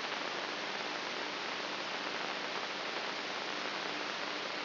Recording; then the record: brain microelectrode recording played as sound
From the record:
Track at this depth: inside the subthalamic nucleus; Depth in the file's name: 5.44 mm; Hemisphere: right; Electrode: 3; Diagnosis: Parkinson's disease